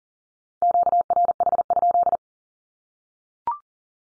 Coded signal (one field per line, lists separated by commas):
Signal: Morse code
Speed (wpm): 40 wpm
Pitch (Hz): 700 Hz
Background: none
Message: QRH?